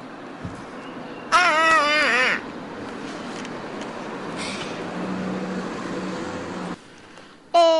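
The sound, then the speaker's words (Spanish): A car passes along a street with a steady rushing road noise that swells in low rumble before dropping away, while a loud, wavering crow caw cuts in early and another starts at the end. “Por ejemplo, ahora está pasando uno.”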